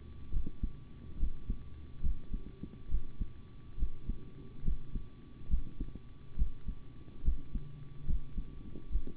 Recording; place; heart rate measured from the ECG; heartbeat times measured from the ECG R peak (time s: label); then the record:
heart sounds by stethoscope; between the tricuspid and mitral areas; 70 bpm
0.31 s: heartbeat
1.18 s: heartbeat
2.02 s: heartbeat
2.89 s: heartbeat
3.77 s: heartbeat
4.63 s: heartbeat
5.49 s: heartbeat
6.36 s: heartbeat
7.23 s: heartbeat
8.05 s: heartbeat
8.90 s: heartbeat
From the record:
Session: rest, sitting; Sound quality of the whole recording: good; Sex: male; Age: 25 years